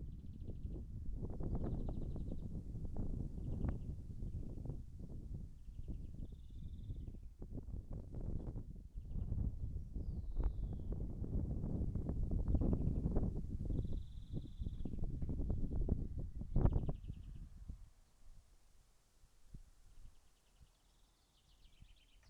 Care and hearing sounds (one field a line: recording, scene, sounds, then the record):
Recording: everyday scene through a hearing-aid microphone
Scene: wind on the microphone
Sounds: wind, birds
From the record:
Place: in front of a rural house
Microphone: behind the ear, right, rear